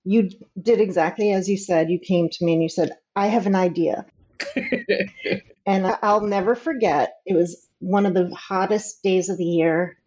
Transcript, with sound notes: You did exactly as you said. You came to me, and you said, “I have an idea.” (laughs).
And I’ll never forget, it was one of the hottest days of the year,